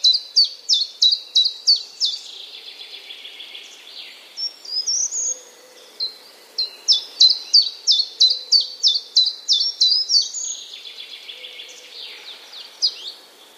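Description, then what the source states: Common chiffchaff song: high, even notes repeated about three times a second in long runs, with a short break, then more runs, and some lower chirps in between. Recorded at Wroblowe, Poland, on 19 April 2015.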